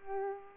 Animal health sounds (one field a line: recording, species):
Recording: mosquito wingbeat signal from an infrared sensor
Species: Culex pipiens